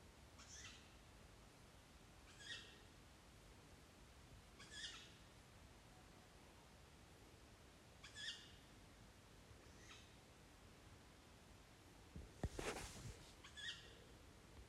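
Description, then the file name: Tawny owl uttering short, hoarse, screechy calls, about six spaced every one and a half to four seconds, with a brief loud rustling or handling noise near the end. "kattugle"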